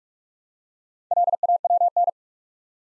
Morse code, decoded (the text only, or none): LAWN